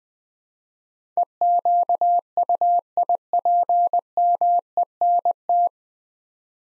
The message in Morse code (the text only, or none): EQUIPMENT